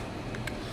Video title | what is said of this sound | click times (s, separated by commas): TOOLBOX WIDGET - WRENCH ORGANIZATION FOR THE MODERN TOOLBOX | are lock into place and now we have plenty of spacing in between art to handle Torx | 0.4 s, 0.5 s